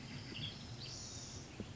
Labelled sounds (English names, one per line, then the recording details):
Western Tanager
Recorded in Sonoma County, California